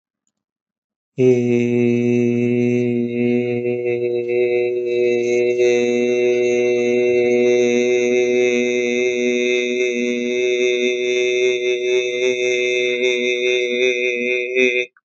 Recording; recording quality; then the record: sustained vowel as in made; excellent, no background noise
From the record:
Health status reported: exposed to COVID-19, no respiratory illness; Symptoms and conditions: none ticked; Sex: male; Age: 25 years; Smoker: not ticked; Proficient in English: yes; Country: India